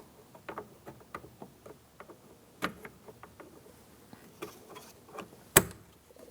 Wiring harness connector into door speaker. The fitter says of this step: Make sure you hear it click.